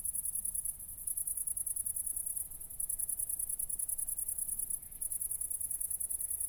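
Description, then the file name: Cricket chirping, high rapid pulses grouped in trilled bursts separated by brief gaps, with a low steady hum behind. Crickets recorded at night, 00:53 on 4 August 2014, at Nordring, Kirchmöser, Brandenburg, Germany. "City Country Me Brandenburg Kirchmoeser Nordring Grillen 201408040053"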